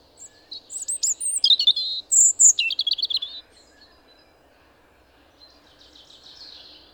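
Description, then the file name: European robin delivering one rich phrase of high, rapidly changing whistles and trills lasting about three seconds, followed by quiet with a faint high warble. "Erithacus rubecula"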